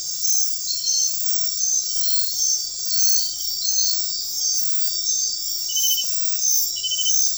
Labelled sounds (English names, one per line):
none